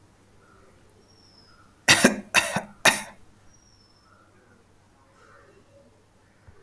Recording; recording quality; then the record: shallow voluntary cough; excellent, no background noise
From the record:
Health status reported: healthy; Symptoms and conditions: none ticked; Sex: male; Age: 37 years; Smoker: not ticked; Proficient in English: yes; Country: India